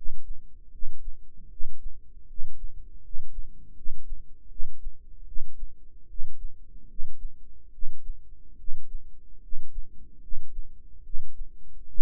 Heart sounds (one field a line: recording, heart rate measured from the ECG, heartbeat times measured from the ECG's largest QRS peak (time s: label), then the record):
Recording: heart sounds by microphone in the right ear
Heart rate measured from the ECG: 75 bpm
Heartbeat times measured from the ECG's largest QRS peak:
0.69 s: heartbeat
1.48 s: heartbeat
2.25 s: heartbeat
3.00 s: heartbeat
3.73 s: heartbeat
4.47 s: heartbeat
5.24 s: heartbeat
6.06 s: heartbeat
6.86 s: heartbeat
7.70 s: heartbeat
8.56 s: heartbeat
9.39 s: heartbeat
10.19 s: heartbeat
11.02 s: heartbeat
11.86 s: heartbeat
From the record:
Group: healthy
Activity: rest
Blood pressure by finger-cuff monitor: 104/61 mmHg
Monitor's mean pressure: 74 mmHg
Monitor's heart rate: 75 bpm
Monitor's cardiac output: 7.2 L/min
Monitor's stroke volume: 96 mL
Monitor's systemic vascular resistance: 730 dyn s/cm5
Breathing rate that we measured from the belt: 19 breaths a minute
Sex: male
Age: 35 years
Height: 180 cm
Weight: 86.9 kg